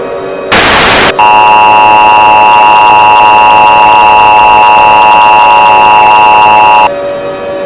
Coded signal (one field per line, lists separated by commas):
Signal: Emergency Alert System (SAME) tones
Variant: 853 and 960 Hz attention tone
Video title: EAS Scenario #10 The Ultimate Deadly Virus